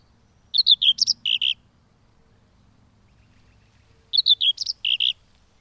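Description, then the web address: Common whitethroat song: two quick, scratchy chattering phrases about three and a half seconds apart, with a quiet pause between them. "Madardalok Mezei poszáta"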